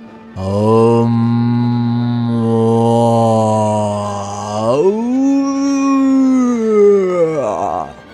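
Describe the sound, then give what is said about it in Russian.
A long, eerie mooing moan, made by a human voice, comes from a kitchen water tap instead of cold water; it holds a low steady pitch, then swoops upward, wavers, and sinks again over about eight seconds, loud and unbroken. “Кикимора отвинтила краник и подставила под кран ладошки, но оттуда вместо холодной воды послышалось какое-то жуткое мычание.”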